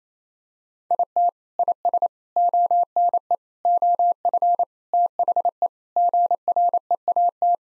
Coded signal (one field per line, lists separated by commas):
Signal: Morse code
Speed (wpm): 28 wpm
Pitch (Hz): 700 Hz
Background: none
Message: IT IS ONE OF THE GREAT